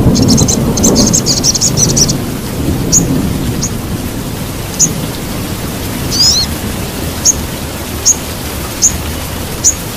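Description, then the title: Little spiderhunter song: a high buzzy trill opens, followed by sparse sharp high chirps roughly every second against steady low noise. Tutor recording for training songbirds. "Masteran Burung Sogok Ontong Labaik"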